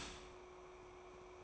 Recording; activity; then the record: daily activity, microphone in the room; start toaster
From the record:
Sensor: 1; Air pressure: 1004.3 hPa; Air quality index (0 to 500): 201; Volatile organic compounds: 19 ppm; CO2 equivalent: 2652 ppm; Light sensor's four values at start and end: 4/13/4/5 and 4/13/4/5